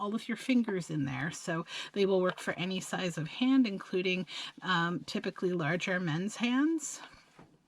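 Sewing scissors are handled near their fitted holder inside a handmade sewing box while someone talks throughout. Nothing has seated or clicked yet; the scissors are not yet in the holder.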